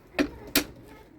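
A second scrub brush is pushed into its slots on an Aiper cordless robotic pool cleaner, producing two sharp plastic clicks at 0.2 s and 0.6 s. The second click is louder, and the brush is seated. A low background hum continues, and no one talks during the clip.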